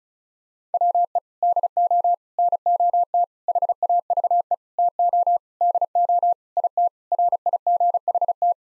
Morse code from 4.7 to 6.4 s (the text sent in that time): TO DO